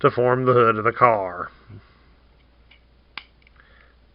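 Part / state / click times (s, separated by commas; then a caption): plastic hood piece into toy car body / seated / 3.2 s. Someone talks as the folded-down plastic hood piece of a plastic robot toy is pushed into place on the car body during transformation. After a few faint taps, one sharp, loud click at 3.2 s marks the hood snapping into place, seated and secured.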